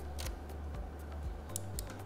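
A memory card is pushed into the memory slot of a video camera and seats with a sharp click at 1.6 s. A few more small clicks and taps follow as the slot cover is closed. Someone talks over a steady low hum.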